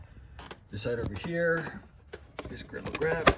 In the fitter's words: And you see I just pulled it. How it just snaps right in. And now that is set.